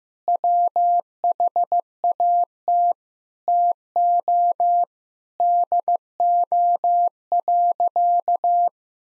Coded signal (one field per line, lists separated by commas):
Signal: Morse code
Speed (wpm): 15 wpm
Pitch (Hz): 700 Hz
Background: none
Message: WHAT TO DO.